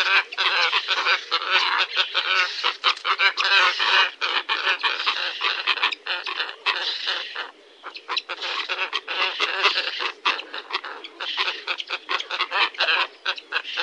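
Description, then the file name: Glossy ibis calls, many hoarse grating croaks overlapping in a continuous noisy chorus, briefly thinning near the middle before the clamour resumes. "Bronsibis"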